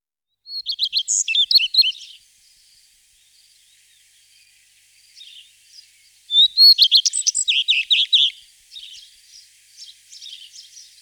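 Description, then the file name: Common redstart song, a short burst of high, scratchy twittering notes near the start, then a quiet gap and a second, louder jumbled phrase fading into soft chatter. "Pleszka"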